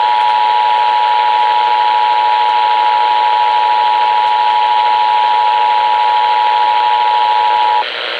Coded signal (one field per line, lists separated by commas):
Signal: Emergency Alert System (SAME) tones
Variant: 853 and 960 Hz attention tone